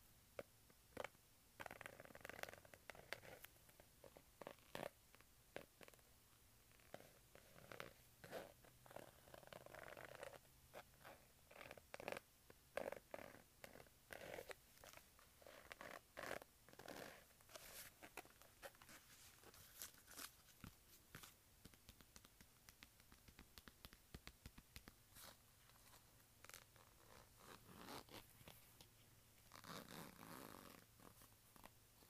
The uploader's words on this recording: ASMR Leather Wallet Sounds.